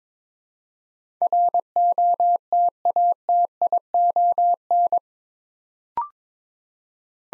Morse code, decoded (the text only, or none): ROTATION